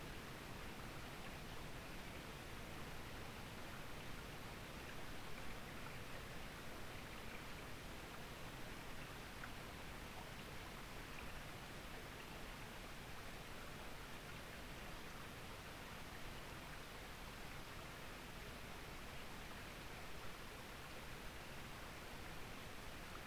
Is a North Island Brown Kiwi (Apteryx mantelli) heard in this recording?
no